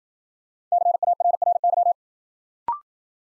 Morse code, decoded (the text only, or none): CARRY